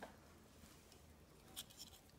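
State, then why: Not seated. A wire terminal pin is being handled and pushed toward its new cavity in the plastic ECU harness connector housing during a repin for an LA3 ECU upgrade on an SVO Merkur 2.3 Turbo. Faint handling and rustling noise is heard, with a brief sharp sound at the very start and small bursts near 1.6 and 2.2 seconds. The terminal has not locked into place yet, and nothing has seated or clicked.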